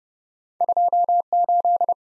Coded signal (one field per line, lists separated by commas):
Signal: Morse code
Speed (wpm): 31 wpm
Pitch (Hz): 700 Hz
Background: none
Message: 28